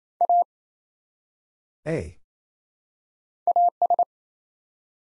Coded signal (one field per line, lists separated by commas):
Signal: Morse code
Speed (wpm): 28 wpm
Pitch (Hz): 700 Hz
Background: none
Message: A AS